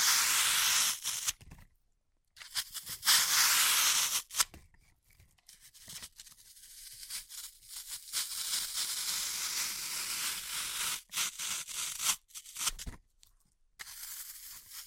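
Floral foam is crushed and scraped in bursts of bright, crackly friction, broken by silent gaps near 2, 4, 11 and 13 seconds.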